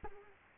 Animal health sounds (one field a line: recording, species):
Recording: mosquito wingbeat signal from an infrared sensor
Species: Culex quinquefasciatus